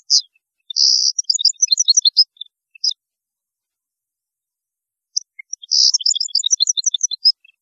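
European goldfinch song: two bursts of bright, rapid twittering notes, high and tinkling, separated by a few seconds of silence.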